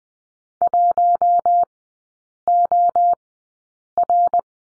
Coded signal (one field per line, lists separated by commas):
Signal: Morse code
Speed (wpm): 20 wpm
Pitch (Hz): 700 Hz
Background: none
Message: 1OR